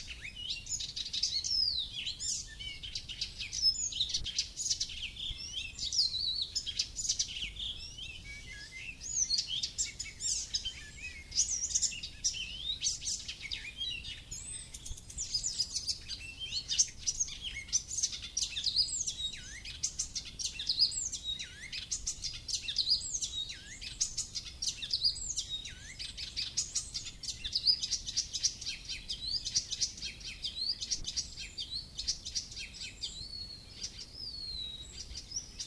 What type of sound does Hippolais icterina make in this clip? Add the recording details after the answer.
song. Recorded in the wild. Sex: male. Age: adult. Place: Möhrendorf, Bayern, DE. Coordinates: 49.6372, 10.9831. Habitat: pond. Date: 1961-05-15. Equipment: Stellavox SM 4, Original, Vollspur. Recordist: Tretzel, Erwin